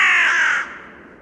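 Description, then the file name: Carrion crow giving one harsh, rasping caw that quickly fades out. "Corvus corone"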